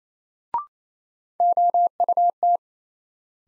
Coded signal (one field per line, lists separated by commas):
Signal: Morse code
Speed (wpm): 28 wpm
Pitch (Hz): 700 Hz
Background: none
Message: OUT